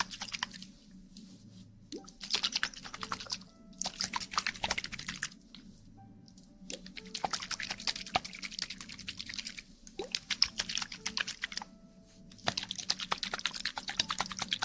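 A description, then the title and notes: Ear cleaning and ear massage: bursts of dense, crackly scratching and rubbing come in spells of about a second, with short quiet gaps between them. A low, steady hum runs underneath, and a few faint tones and soft clicks appear in the pauses. ASMR Ear cleaning & Ear massage.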